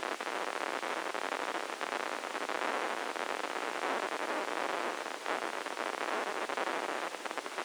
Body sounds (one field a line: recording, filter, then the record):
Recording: brain microelectrode recording played as sound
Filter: spike band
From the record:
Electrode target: subthalamic nucleus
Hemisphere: left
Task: reaching with the right hand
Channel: 1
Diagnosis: Parkinson's disease